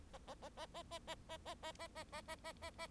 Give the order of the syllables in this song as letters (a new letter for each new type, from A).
A A A A A A A A A A A A A A A A A